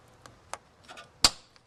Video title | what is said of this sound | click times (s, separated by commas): How To Remove and Replace the Fuel Filter in your car truck SUV | like that and it snaps into place make sure the fuel filter is not going to come out | 1.2 s